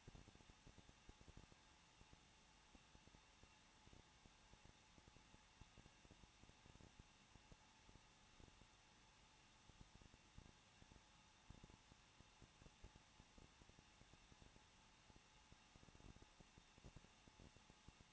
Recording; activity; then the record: daily activity, microphone in the room; no activity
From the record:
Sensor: 1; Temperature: 20.1 degrees Celsius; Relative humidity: 39.1%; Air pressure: 1006.3 hPa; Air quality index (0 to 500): 217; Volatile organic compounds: 75 ppm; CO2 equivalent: 3560 ppm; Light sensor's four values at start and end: 1/2/1/1 and 1/2/1/1